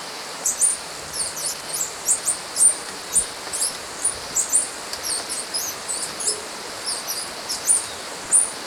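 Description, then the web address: White-tipped sicklebill calls: a run of thin, very high squeaky notes repeated irregularly throughout, some sharp and whistled, over a soft hiss. Recorded in Ecuador. "Birds of Ecuador. White-Tipped Sicklebill"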